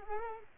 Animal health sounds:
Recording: mosquito wingbeat signal from an infrared sensor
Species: Culex pipiens

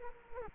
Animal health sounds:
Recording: mosquito wingbeat signal from an infrared sensor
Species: Culex quinquefasciatus

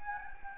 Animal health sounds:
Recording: mosquito wingbeat signal from an infrared sensor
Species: Anopheles gambiae

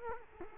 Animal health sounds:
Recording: mosquito wingbeat signal from an infrared sensor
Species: Culex quinquefasciatus

